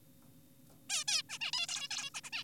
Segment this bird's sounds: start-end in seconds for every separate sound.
0.90-1.04, 1.08-1.22, 1.30-1.38, 1.41-1.52, 1.53-1.67, 1.68-1.88, 1.91-2.10, 2.14-2.21, 2.24-2.30, 2.33-2.44